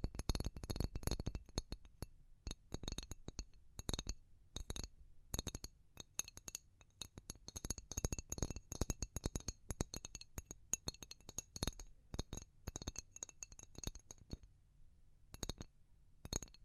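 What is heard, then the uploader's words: Fast tapping with hard, clicky strikes that have a glassy, clinking ring. The taps come in quick dense bursts, then thin out with brief pauses near two, fourteen and sixteen seconds. A low, soft hum sits underneath throughout. ASMR Pure Tapping Fast and Slow (No Talking).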